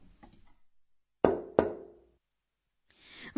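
Two loud, sharp knocks on a door, about a third of a second apart, each with a short resonant decay, followed by silence and a faint rustle at the end.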